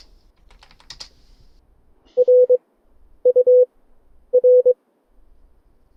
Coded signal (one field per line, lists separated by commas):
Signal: Morse code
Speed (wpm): 23 wpm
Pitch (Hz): 500 Hz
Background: none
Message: R U R